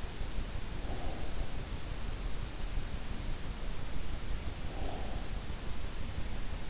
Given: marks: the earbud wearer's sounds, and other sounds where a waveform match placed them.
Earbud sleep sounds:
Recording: sounds in sleep by an in-ear microphone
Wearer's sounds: breath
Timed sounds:
0.63-1.69 s: breath
4.35-5.48 s: breath

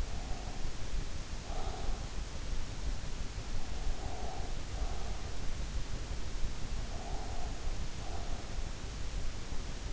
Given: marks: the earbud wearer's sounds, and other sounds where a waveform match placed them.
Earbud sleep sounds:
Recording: sounds in sleep by an in-ear microphone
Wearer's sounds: breath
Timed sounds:
0.00-2.17 s: breath
3.90-5.33 s: breath
6.88-8.66 s: breath

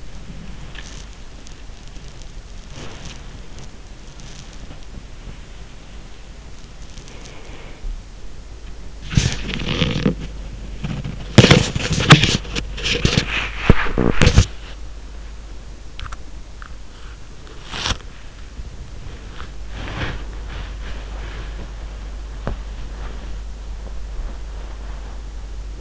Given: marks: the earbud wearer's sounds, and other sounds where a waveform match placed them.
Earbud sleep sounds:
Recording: sounds in sleep by an in-ear microphone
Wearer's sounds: body movement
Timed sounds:
0.00-25.81 s: body movement

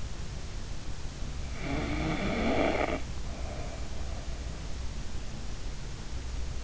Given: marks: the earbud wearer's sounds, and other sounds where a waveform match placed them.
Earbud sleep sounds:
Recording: sounds in sleep by an in-ear microphone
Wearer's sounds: snoring breath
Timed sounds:
1.61-4.34 s: snoring breath

